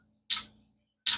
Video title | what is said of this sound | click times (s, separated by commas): Draco build the parts I used! #homedefense #akm #draco #truckgun #ak47 #draco | AK brace it does fold it doesn't lock in it's got | 1.1 s